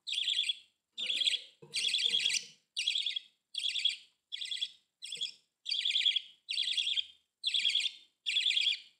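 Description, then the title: Budgerigar calls, about eleven short buzzy chirps in quick succession, some with scratchy lower undertones. "Budgie Sounds"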